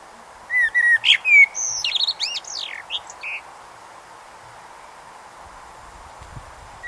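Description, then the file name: Eurasian blackbird song: short flute-like notes leading into a tumbling series of squeaky, high, sliding twitters, then quiet background. "Turdus merula"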